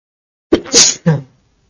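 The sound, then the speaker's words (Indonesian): A single loud sneeze: a short catch of breath, then a sharp, hissing burst followed by a quick second puff, trailing into quiet. No one talks. “Alhamdulillah.”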